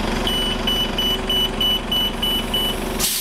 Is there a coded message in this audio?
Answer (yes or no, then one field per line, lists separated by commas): no